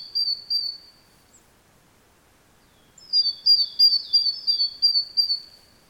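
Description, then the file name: Great tit: two high clear notes, a pause, then a quick run of many high notes that each slide downward, in a quiet background. "Parus major"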